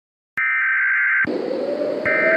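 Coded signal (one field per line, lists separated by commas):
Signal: Emergency Alert System (SAME) tones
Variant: header bursts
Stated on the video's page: Fictional EAS scenario remake.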